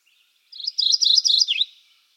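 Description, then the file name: Mourning Warbler song: about five quick doubled chirps, then a lower, twisting slurred phrase to close. "Geothlypis philadelphia - Mourning Warbler"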